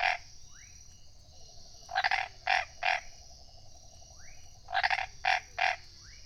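Tree frog calling in clusters of several harsh, pulsed notes, with faint rising chirps between bursts and a steady high hum behind.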